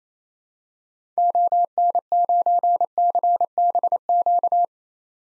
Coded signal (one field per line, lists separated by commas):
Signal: Morse code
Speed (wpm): 29 wpm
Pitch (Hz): 700 Hz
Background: none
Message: ON9CBQ